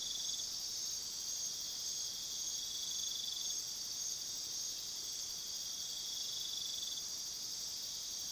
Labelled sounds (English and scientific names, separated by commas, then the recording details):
none
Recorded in pastures near Puerto Asís, Putumayo, Colombia, on 21 February 2024 at 00:00
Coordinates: 0.497, -76.327
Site G7276